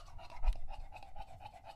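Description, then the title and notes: English Bulldog panting heavily, quick rhythmic breaths in a steady run of pulses, one louder breath early on. English Bulldog named Lucho, male, drinking from a water bowl after a long walk; out of breath, heavy breathing in between drinks, drinks for a long time. "English Bulldog Drinks from Water Bowl - Weird Sounds. listen to Lucho the English Bulldog as he tries to drink water after a long walk. Don't let his heavy breathing fool you in between drinks, he's equally out of breath from the walk"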